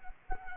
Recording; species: mosquito wingbeat signal from an infrared sensor; Culex quinquefasciatus